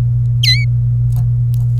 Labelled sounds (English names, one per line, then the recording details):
Domestic Canary song
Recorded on 26 April 2018 at 14:56
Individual llb3